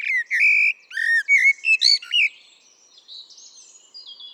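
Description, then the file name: Common blackbird song: clear fluted whistles and a few choppy notes, then soft high twitters trailing off. "Turdus merula"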